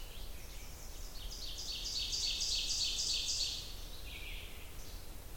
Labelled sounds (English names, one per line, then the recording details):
Ovenbird song
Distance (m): 40 m
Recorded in boreal forest in Alberta, Canada, on 29 June 2016 at 07:26
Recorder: SongMeter 3, array SBT-6-79
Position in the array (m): 32 m, 110 m
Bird 40